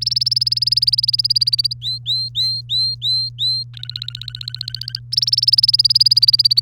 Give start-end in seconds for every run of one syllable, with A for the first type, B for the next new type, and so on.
0.01-1.73 A, 1.82-3.63 B, 3.74-4.99 C, 5.12-6.60 A